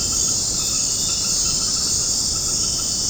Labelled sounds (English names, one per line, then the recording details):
none
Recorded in secondary vegetation near Puerto Asís, Putumayo, Colombia, on 9 March 2025 at 19:00
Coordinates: 0.481, -76.318
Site G097